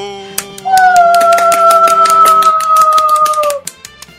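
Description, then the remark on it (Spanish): A steady run of sharp hand claps, quick and fairly even, plays over sustained musical tones that glide slightly before stopping; a few scattered claps trail off at the end. “Mira cómo aplaudo.”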